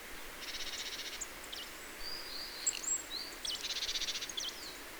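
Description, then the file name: Marsh Tit buzzy calls: two rapid nasal rattles with a few thin whistled notes between them, against steady hiss. "Poecile palustris"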